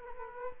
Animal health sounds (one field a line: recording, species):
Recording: mosquito wingbeat signal from an infrared sensor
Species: Aedes aegypti